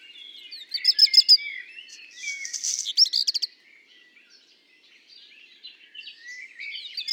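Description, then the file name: Black redstart song opening with quick high stuttered notes, then a gritty crackling burst and more sharp notes, followed by quieter, softer notes. At Le Puech on 5 June 2021. "chant de rougequeue noir de merle noir Le Puech"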